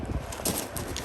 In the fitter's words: click and then give it a shake listen to that gold Rattle